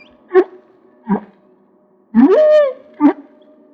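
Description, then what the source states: Humpback whale song units: short rising whoops and a longer upsweeping moan with rich harmonics, separated by brief pauses. Recorded off Maui.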